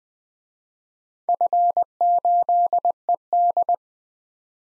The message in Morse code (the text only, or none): F8ED